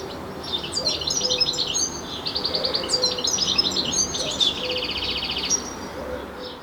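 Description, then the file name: European Goldfinch giving rapid liquid twittering phrases mixed with buzzy trilled notes, in two bursts. "Carduelis carduelis"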